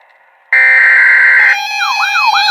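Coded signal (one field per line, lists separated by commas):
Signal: Emergency Alert System (SAME) tones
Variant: header bursts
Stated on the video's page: Severe weather alerts in a compilation.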